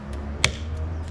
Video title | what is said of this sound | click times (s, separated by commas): Nissan Qashqai: Cambio Spazzole Tergicristallo a 12 Euro! (Tutorial Montaggio) 💥 | and then pull towards us when you hear the click it means that the brush has entered fine | 0.5 s